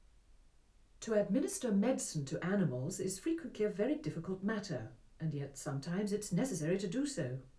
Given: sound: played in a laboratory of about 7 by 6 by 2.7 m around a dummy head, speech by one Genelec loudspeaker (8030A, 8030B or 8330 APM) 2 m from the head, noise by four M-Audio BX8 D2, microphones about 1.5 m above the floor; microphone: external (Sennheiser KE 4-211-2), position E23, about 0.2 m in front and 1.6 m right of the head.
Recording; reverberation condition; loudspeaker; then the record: female speech in English; low; 120 degrees to the left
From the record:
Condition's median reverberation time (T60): about 310 ms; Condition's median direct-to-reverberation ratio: about 3.5 dB